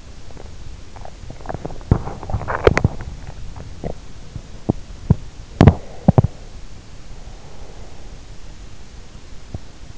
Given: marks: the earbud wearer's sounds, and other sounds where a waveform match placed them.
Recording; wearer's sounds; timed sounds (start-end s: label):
sounds in sleep by an in-ear microphone; body movement, breath
0.00-6.39 s: body movement
5.55-8.37 s: breath